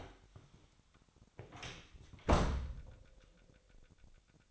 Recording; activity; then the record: daily activity, microphone in the room; close door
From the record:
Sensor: 3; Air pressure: 1007.3 hPa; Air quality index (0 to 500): 200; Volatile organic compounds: 17 ppm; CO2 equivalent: 2566 ppm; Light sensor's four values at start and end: 13/30/13/13 and 12/29/12/12